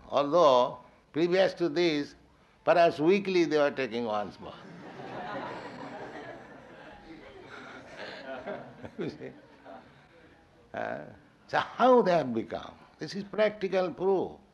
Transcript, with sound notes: although previous to this, perhaps weekly they were taking once bath. [laughter] [chuckles] You see? So how they have become? This is practical proof.